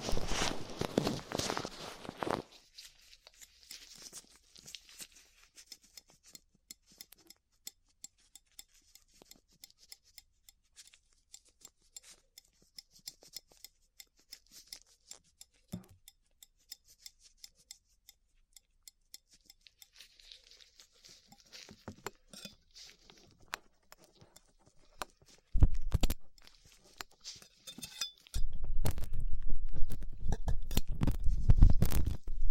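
Ear cleaning with latex gloves and tools: soft scratching, crinkly rubbing and faint clicks, with loud rustling bursts at the start and final seconds.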